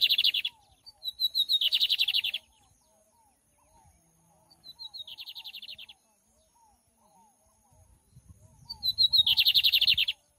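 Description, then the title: Lined seedeater with four bursts of quick buzzy trilled notes, the third one fainter, plus soft chirps and a low rumble near the end. Tutor song for teaching birds to sing, recorded live with a waterfall. "Bigode Gavião Negro Professor De Canto Cantando Ao Vivo Com Cascata"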